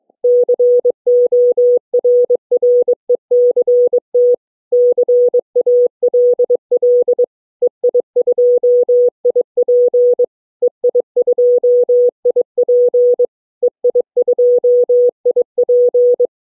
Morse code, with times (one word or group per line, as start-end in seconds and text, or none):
0.2-4.4 CORRECT
4.7-7.2 CALL
7.6-10.3 EI2IP
10.6-13.3 EI2IP
13.6-16.3 EI2IP